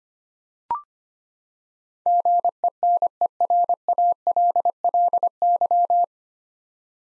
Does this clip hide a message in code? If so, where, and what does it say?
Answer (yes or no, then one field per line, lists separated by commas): yes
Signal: Morse code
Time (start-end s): 2.1-6.0 s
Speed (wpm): 25 wpm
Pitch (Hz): 700 Hz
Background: none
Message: GENERALLY